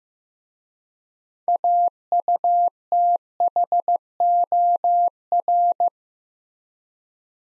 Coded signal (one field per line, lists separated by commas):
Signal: Morse code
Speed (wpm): 15 wpm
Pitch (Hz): 700 Hz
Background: none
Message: AUTHOR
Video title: Easy Words with Hints - 15wpm